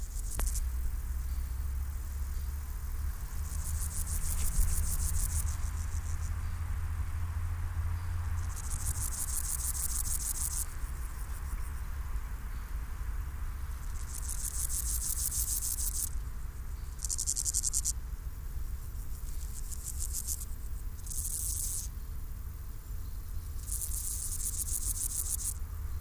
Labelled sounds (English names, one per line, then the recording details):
Water-meadow Grasshopper stridulation
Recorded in the wild
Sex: male
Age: imago
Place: Hakenfelde, Spandauer Forst, Berlin, DE
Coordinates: 52.58, 13.17
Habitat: Waldwiese
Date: 1997-08-23 16:15
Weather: 26°C, diesig, leichter Wind
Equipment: Sony MD-WM MZ-R3, Sennheiser ME 80, Kopie Uher 4000 Report Monitor
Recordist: Tembrock, Günter